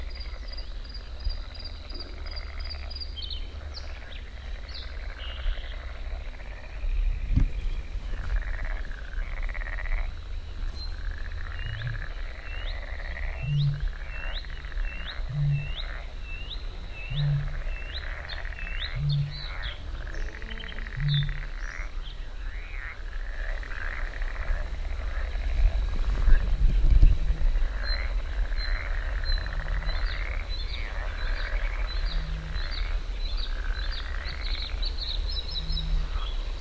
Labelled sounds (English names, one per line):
Bluethroat song